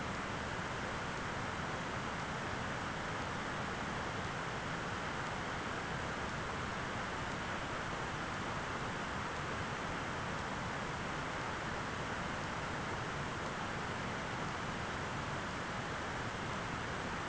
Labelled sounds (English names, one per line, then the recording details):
none
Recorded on Arctic tundra, site ZACK-1, on 13 June 2019
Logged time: 03:49